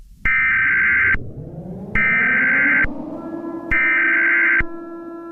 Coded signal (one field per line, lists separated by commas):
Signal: Emergency Alert System (SAME) tones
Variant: header bursts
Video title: SCP 5000 EAS